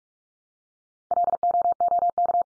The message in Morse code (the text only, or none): LOOK